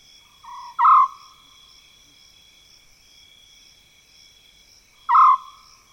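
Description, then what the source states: African scops owl: two short trilled calls roughly four seconds apart, the first with a soft lead-in, over steady insect drone. Eerie calls in mopane woodland, South Luangwa National Park, Zambia, African savanna; recorded with Zoom F6 and Lom mikroUsi Pro microphones.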